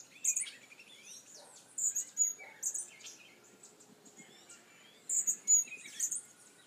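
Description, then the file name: Hummingbird: high, thin chips in short bursts spread throughout, with soft chirps and whistles from other birds in between. "Colibri"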